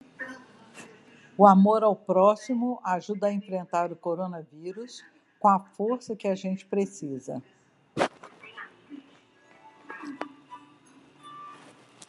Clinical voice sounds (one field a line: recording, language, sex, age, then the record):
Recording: spoken sentence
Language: Brazilian Portuguese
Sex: female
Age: 60 to 69 years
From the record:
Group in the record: control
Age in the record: 65 years